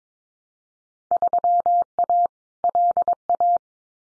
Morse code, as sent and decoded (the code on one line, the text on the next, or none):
...-- .- / .-.. .-
3A LA